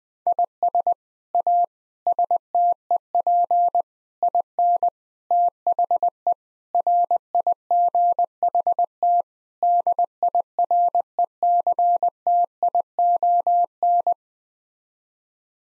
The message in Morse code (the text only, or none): IS A STEP IN THE RIGHT DIRECTION